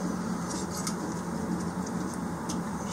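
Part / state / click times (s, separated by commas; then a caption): three-pin fan wiring plug into heater control board socket / not seated / none. A three-pin fan wiring plug is handled and lined up with its socket on the underside of a Chinese diesel heater's 5-8 kW control board, ready to be pushed home. Only a steady low hum and faint handling rustles are heard. Nothing has seated or clicked yet.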